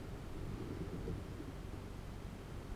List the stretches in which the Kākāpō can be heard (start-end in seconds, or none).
none